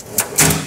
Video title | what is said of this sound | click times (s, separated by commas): CONQUEROR UEV-14 - Outside Storage Walk-Through - Australian Model | roll out lock into place they're fabulous quality completely powder coated in the same signature look and feel that conqueror is famous for | 0.2 s